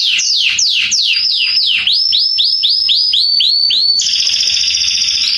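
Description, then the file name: Belgian canary song: a series of sweeping whistled notes, first falling then rising, ending in a steady bright buzzy trill. "canto do canario belga salsa"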